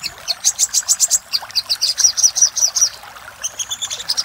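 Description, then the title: Little spiderhunter song: quick, high, squeaky notes in short bursts, the pace uneven across the phrase. Song of the little spiderhunter in the 'labaik' variant, used for training cage birds. "Masteran Burung Sogok Ontong Labaik"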